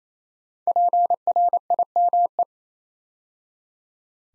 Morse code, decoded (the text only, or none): PRIME